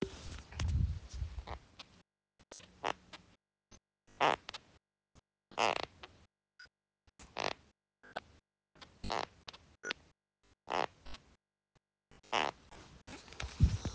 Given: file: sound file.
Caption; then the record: Audio recording of the knee squeaking in Case 2. The squeak is captured as discrete high‐pitched events recurring with knee motion (audible, for example, at ~4, 5.5, 7.5, and 12 s).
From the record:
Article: Postoperative Knee Squeaking Following Arthroscopic Meniscal Repair: A Case‐Based Report and Literature Review